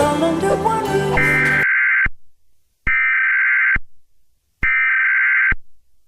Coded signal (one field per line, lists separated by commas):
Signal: Emergency Alert System (SAME) tones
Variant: header bursts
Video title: EAS Scenario #1 - Roj Invasion